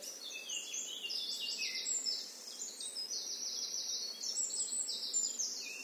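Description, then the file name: Eurasian blackcap warbling steadily throughout, a continuous stream of high, thin whistled notes and short slurs at fairly even loudness. "Sylvia atricapilla"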